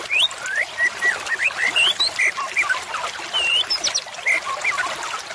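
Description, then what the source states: White-rumped shama singing a loud, varied song throughout, with rich slurred whistles, rising and falling phrases and sharp high notes, over light hiss. Murai batu used as a lure (pikat) call, described as an effective lure with a strong voice.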